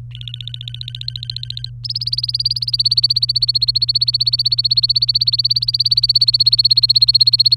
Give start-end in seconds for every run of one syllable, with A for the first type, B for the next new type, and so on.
0.11-1.70 A, 1.84-7.56 B